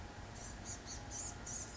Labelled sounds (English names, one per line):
Blue-gray Gnatcatcher